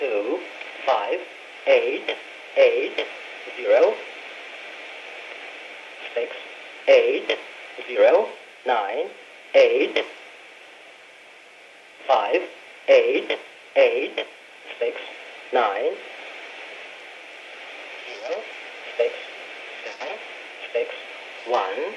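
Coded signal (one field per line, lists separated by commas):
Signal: numbers station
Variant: E07 English Man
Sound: male voice reading single English digits in evenly spaced groups, pauses between groups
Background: radio static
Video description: Russian Numbers Station E07 11540 khz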